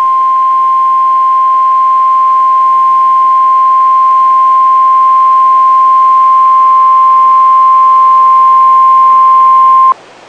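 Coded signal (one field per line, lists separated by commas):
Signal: Emergency Alert System (SAME) tones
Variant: 1050 Hz attention tone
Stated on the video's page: Real NOAA Weather Radio alert: Special Marine Warning.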